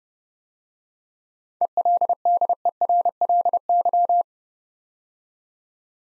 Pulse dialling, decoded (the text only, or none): none